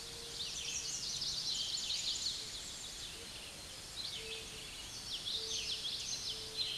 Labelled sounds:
Chestnut-sided Warbler song
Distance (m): 30 m
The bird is about 5 m above the microphone
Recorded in a Pennsylvania forest on 16 May 2024 at 06:07
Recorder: AudioMoth, point MSD-2453
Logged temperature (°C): 16.3 °C
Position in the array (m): 181 m, 173 m

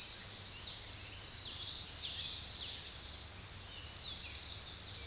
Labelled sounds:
Common Yellowthroat song
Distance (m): 30 m
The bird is about 5 m below the microphone
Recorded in a Pennsylvania forest on 16 May 2024 at 06:22
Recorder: AudioMoth, point MSD-2320
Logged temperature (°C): 12.8 °C
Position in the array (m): 236 m, 173 m

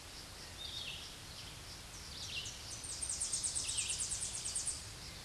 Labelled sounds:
Tennessee Warbler song
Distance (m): 25 m
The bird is about 10 m above the microphone
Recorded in a Pennsylvania forest on 16 May 2024 at 07:59
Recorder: AudioMoth, point MSD-2258
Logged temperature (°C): 15.2 °C
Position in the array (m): 136 m, 90 m

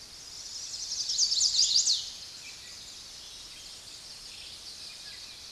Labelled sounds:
Chestnut-sided Warbler song
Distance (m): 15 m
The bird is about 5 m above the microphone
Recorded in a Pennsylvania forest on 16 May 2024 at 06:14
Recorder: AudioMoth, point MSD-2443
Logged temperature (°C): 16.4 °C
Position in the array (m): 170 m, 177 m

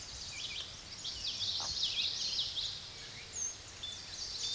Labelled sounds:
Common Yellowthroat song
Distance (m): 20 m
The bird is about level with the microphone
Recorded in a Pennsylvania forest on 16 May 2024 at 06:21
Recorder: AudioMoth, point MSD-2320
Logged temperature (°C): 12.8 °C
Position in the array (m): 231 m, 181 m

